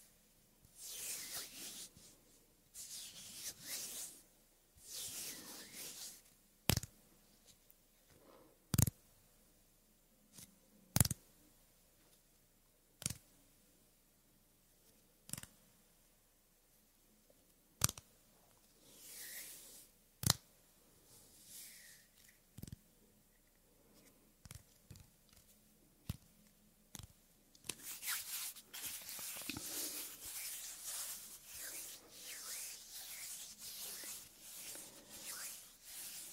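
Soft hand sounds and skin rubbing come in brushing swishes, broken by sharp clicks or taps roughly every two to three seconds through the middle. Toward the end the rubbing grows denser and more continuous, with brighter hissing strokes layered together.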